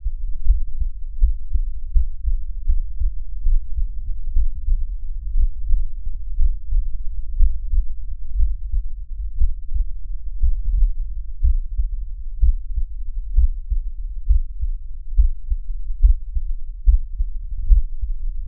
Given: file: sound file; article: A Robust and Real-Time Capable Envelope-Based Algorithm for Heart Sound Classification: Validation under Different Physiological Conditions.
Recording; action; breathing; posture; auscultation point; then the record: heart sounds by electronic stethoscope; rest; deep; sitting; Erb’s point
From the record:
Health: healthy, no known heart disease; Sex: male